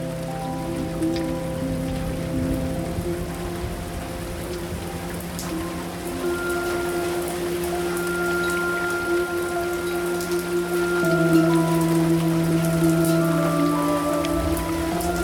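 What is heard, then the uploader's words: Raindrops patter on a roof in a steady, dense wash with scattered brighter taps throughout. Beneath them runs a constant low hum with a few sustained tones that shift and grow slightly louder after about eleven seconds. Raindrops on the Roof.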